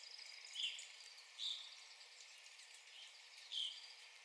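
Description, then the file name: Evening grosbeak calls, three faint clear notes, two close together and one after a pause, over steady background hiss. Recorded 9 April 2021. "2021-04-09 Evening Grosbeak"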